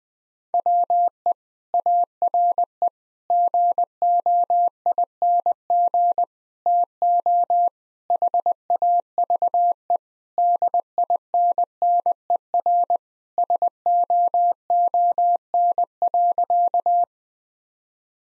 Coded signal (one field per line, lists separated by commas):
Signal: Morse code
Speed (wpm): 21 wpm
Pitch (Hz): 700 Hz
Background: none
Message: WE ARE GOING TO HAVE DINNER SOON.